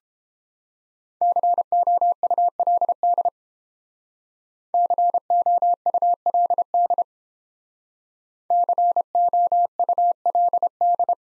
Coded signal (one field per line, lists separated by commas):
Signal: Morse code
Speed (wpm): 31 wpm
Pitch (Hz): 700 Hz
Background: none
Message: COULD COULD COULD